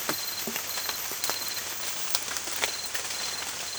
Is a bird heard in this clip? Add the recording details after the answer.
no. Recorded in secondary vegetation near Puerto Asís, Putumayo, Colombia, on 27 June 2025. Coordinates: 0.488, -76.319. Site G094